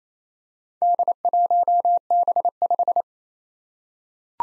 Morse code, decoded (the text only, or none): D1B5